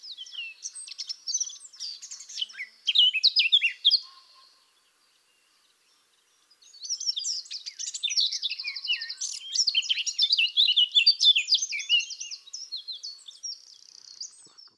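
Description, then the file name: Eurasian blackcap song: two long bouts of rich, rapid warbling separated by about two seconds of silence, the second bout longer. "Sylvia atricapilla"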